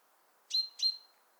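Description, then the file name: Great tit call: two quick, sharp, ringing chip notes in close succession. "Parus major"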